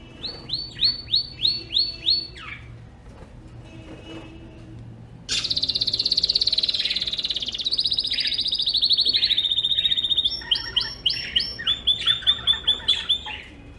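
Bird song: a run of quick, repeated down-slurred whistles, a short pause, then a long rapid buzzy trill, ending in another series of clipped repeated notes.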